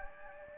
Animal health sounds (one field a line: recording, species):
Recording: mosquito wingbeat signal from an infrared sensor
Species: Anopheles gambiae